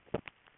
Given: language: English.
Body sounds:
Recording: throat vibration sensor signal played as sound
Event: swallow

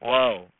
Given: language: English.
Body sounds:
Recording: throat vibration sensor signal played as sound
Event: speech

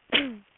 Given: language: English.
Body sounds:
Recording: throat vibration sensor signal played as sound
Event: cough

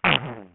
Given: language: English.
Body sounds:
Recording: throat vibration sensor signal played as sound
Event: throat clearing

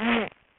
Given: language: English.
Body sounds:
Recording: throat vibration sensor signal played as sound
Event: throat clearing

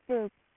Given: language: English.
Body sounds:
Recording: throat vibration sensor signal played as sound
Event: speech

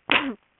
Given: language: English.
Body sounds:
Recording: throat vibration sensor signal played as sound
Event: cough

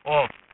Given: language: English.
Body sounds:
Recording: throat vibration sensor signal played as sound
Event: speech

